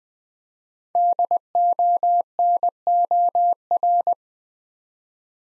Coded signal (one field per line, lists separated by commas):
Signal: Morse code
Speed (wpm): 20 wpm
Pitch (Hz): 700 Hz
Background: none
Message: DONOR